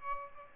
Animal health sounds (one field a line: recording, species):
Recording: mosquito wingbeat signal from an infrared sensor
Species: Aedes albopictus